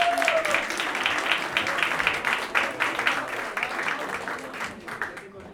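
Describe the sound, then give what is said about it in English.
Steady audience applause at a Día de Muertos event: a dense, crackling wash of many hands clapping at once, holding an even loudness for several seconds before thinning slightly at the end. “Big applause and your interest.”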